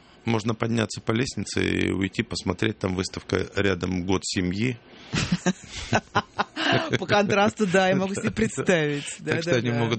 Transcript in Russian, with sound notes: можно подняться по лестнице и уйти, посмотреть – там выставка рядом «Год семьи».
К.ЛАРИНА – (смеется) По контрасту, да, я могу себе представить.